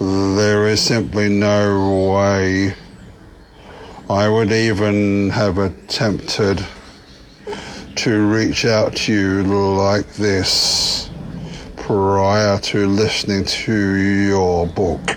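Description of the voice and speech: An adult man with a lifelong stutter speaks slowly and deliberately, drawing out word endings and pausing for over a second between phrases, with a held 'p' before 'prior'. The pattern is stuttering managed with a controlled speaking technique, after a recent McGuire Programme course; voice quality is otherwise clear and steady.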